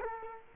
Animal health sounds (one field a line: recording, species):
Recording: mosquito wingbeat signal from an infrared sensor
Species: Culex quinquefasciatus